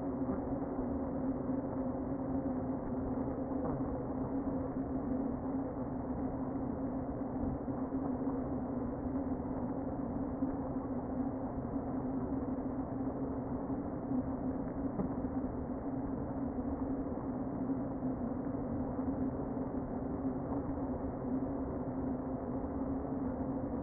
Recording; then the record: honeybee colony, microphone inside the hive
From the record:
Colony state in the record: queen present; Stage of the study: before two queens were removed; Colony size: about 60,000 bees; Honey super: yes